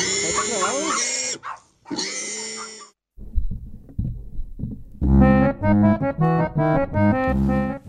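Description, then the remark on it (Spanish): Pigs squeal in loud, shrill bursts, two long harsh cries separated by a brief gap, then a quieter stretch before a dense run of rapid, overlapping grunting squeals. “Así con los cerdos de AgroSuper, están todavía contaminando el Valle del Huasco en todo caso.”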